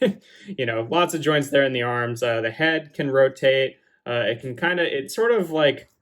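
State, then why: Not seated. A person talks about the plastic head of a Transformers Kingdom Wingfinger action figure while handling it; the head rotates in its ratcheted neck joint. Nothing has clicked or locked into place yet.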